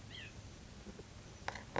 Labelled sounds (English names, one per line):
White-breasted Nuthatch